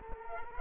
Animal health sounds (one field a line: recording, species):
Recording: mosquito wingbeat signal from an infrared sensor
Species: Culex quinquefasciatus